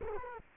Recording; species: mosquito wingbeat signal from an infrared sensor; Culex quinquefasciatus